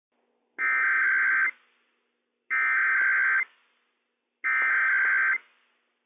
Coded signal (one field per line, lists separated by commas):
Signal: Emergency Alert System (SAME) tones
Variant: header bursts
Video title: WSEOC Required Weekly Test - WWF56 - EAS #106 - 11:00 AM PDT 5/25/21